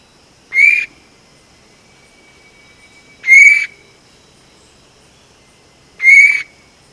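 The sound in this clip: Vogelkop bowerbird repeating a loud, upslurred ringing note three times, roughly every two and a half seconds, with a faint high tone between.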